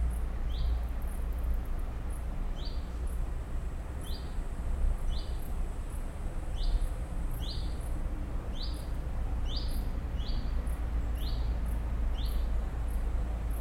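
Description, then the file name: Bird chirps, short rising high notes repeated regularly, over a steady low rumble and faint high ticking pulses. "zvuki peniia ptits"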